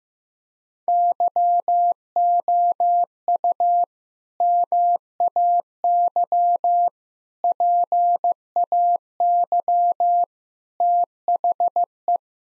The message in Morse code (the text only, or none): YOU MAY PAY THE